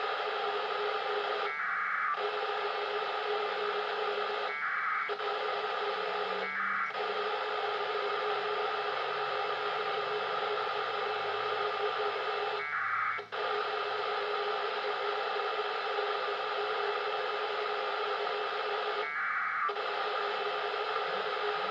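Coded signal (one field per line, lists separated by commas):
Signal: packet radio (AX.25, as in APRS)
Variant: 1200 baud AFSK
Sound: steady radio hiss broken by five short warbling data bursts of about half a second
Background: radio static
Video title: Ricezione segnali APRS dalla Stazione spaziale internazionale ISS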